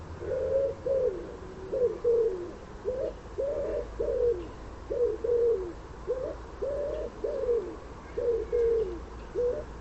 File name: Common Wood Pigeon